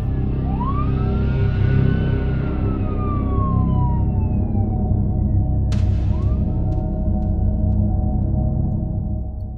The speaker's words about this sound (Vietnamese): cho tới khi tiếng còi hú vang của cảnh sát làm mờ đi mọi thứ.